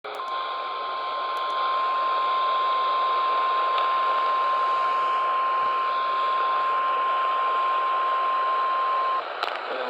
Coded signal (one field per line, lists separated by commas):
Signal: Emergency Alert System (SAME) tones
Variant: 1050 Hz attention tone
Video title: Eas svr Eas#687